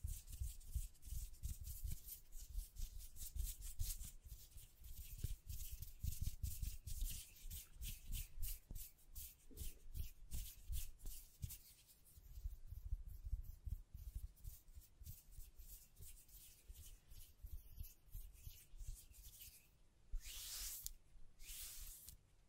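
Hands brush and scratch across a microphone in a dense, uneven stream of rough rubbing strokes with soft low thumps underneath. The activity eases slightly around the middle, then ends with a few longer bright hissing swipes near the twenty-second mark.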